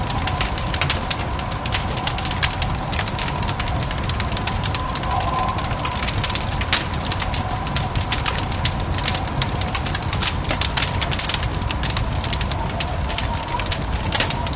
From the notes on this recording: You'll hear the crackling of the fire, the subtle sound of the snow falling, and the occasional creaking of the cabin as it settles in the snow.